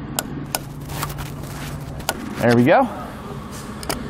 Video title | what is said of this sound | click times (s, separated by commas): etrailer - Review of the Landing Pad 13 for Yakima SkyLine and Control Towers | we go we want to have three clicks on our device now we got the proper torque there | 0.2 s, 0.6 s, 2.1 s